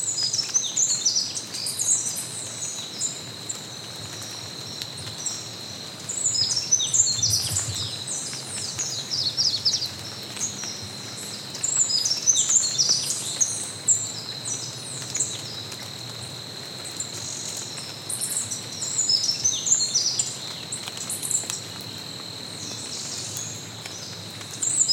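A forest soundscape filled with dense, overlapping bird calls, chirps and trills sounding high and bright throughout. A steady, high insect drone runs underneath the whole time, with the birdsong swelling in busier bursts around 6–8 and 12–14 seconds.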